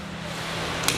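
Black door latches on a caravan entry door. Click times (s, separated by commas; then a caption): 0.9 s. A caravan entry door is closed onto its black latches, with four clicks wanted from the latches, against a steady low hum. A sharp click at 0.9 s is likely the first latch catching, and the door latch clicks closed and seats.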